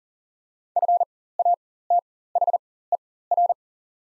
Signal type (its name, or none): Morse code